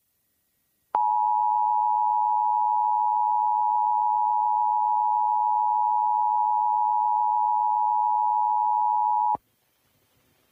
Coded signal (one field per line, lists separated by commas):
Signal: Emergency Alert System (SAME) tones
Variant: 853 and 960 Hz attention tone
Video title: East Coast Chaos Episode 41: An East West Slight - 8/17/2024